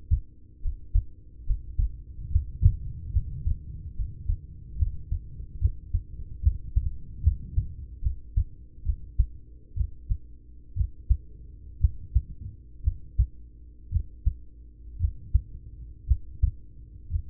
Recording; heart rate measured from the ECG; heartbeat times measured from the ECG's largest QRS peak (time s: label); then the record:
heart sounds by stethoscope; 66 bpm
0.58 s: heartbeat
1.42 s: heartbeat
2.27 s: heartbeat
3.09 s: heartbeat
3.93 s: heartbeat
4.76 s: heartbeat
5.58 s: heartbeat
6.40 s: heartbeat
7.20 s: heartbeat
7.99 s: heartbeat
8.82 s: heartbeat
9.73 s: heartbeat
10.73 s: heartbeat
11.77 s: heartbeat
12.81 s: heartbeat
13.88 s: heartbeat
14.97 s: heartbeat
16.04 s: heartbeat
17.07 s: heartbeat
From the record:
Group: heart failure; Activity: Valsalva maneuver 0-4 s, rest 4-17 s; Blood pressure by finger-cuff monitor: 115/62 mmHg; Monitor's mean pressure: 81 mmHg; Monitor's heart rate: 71 bpm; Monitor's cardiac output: 5.9 L/min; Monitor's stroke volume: 88 mL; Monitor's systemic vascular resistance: 960 dyn s/cm5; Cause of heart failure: ischemic heart disease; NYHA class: 1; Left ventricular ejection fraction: 33%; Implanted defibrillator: present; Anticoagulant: apixaban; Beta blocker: carvedilol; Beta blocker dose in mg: 18.75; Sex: male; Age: 39 years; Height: 168 cm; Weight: 72 kg